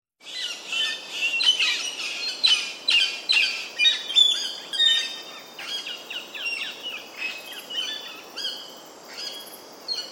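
Double-eyed fig parrot calls: loud, shrill squawks and chirps in rapid irregular series, thinning toward the end.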